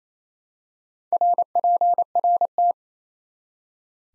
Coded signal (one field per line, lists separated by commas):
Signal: Morse code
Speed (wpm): 28 wpm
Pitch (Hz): 700 Hz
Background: none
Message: RPRT